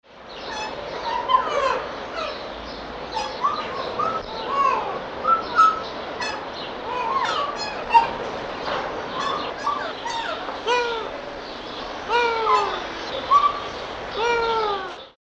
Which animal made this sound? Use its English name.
Ring-tailed Lemur